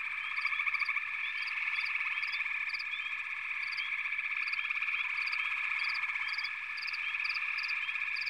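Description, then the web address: Frog chorus, a dense continuous wash of pulsed croaking trills with rapid repeated notes layered over each other throughout. Chorus of many frogs. "Sleep Sounds of Nature FROGS. Frog Chorus"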